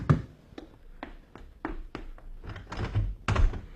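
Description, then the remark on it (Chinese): A series of knocks on a door, about a dozen dull thuds in an uneven rhythm that grow quicker and heavier toward the end, with no voices. “谁呀、 啊？开门啊！”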